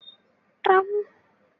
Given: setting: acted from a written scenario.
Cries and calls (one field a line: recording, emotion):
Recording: vocal sound without words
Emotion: triumph